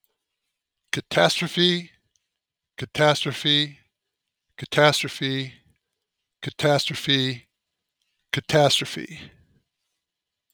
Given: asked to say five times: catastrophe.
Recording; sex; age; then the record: repeated word; male; 50 to 59 years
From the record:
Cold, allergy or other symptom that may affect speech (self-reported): no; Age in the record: 55 years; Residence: New Mexico, United States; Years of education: 16